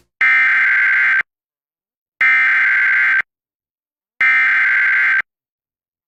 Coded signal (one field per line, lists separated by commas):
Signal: Emergency Alert System (SAME) tones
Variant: header bursts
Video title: Hope Creek/Salem EAS Test for April 2025 [EAS #1,944]